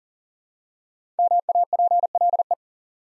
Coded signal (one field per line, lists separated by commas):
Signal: Morse code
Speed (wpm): 42 wpm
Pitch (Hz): 700 Hz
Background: none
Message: MAPLE